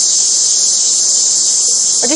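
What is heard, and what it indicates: A steady, high-pitched, sizzling buzz runs unbroken for about two seconds, like cicada song, with a voice starting faintly at the very end. It is a simulation of a cicada-like tinnitus: a continuous, electrical ringing heard in the ears.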